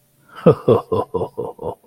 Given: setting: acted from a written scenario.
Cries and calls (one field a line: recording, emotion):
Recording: vocal sound without words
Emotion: amusement